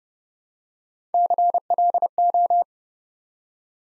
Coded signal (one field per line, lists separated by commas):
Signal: Morse code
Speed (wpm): 28 wpm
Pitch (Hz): 700 Hz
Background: none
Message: CLO